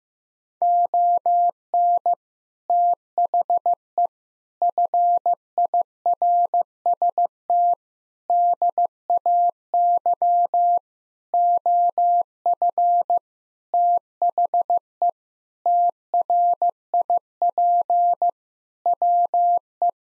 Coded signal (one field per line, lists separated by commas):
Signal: Morse code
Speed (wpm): 15 wpm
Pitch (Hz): 700 Hz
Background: none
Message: ON THE FIRST DAY OF THE TRIP WE